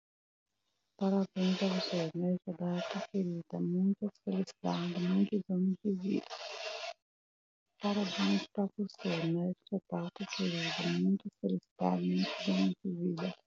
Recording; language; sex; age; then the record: short text; Brazilian Portuguese; female; 30 to 39 years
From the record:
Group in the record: control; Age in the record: 32 years